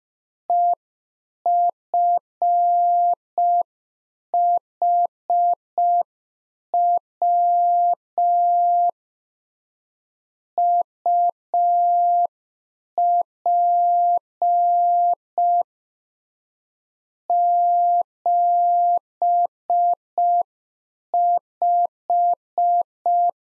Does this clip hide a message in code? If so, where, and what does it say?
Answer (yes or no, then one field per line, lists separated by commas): yes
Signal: Morse code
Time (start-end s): 0.5-23.3 s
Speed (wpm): 5 wpm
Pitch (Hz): 700 Hz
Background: none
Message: EFHW UP 75